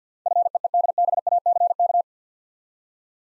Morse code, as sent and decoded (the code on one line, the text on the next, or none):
..-. . . -.. -... .- -.-. -.-
FEEDBACK